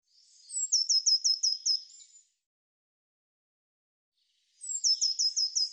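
Bird song: a high phrase of six rapid falling chips, then a second matching phrase that is cut off at the end.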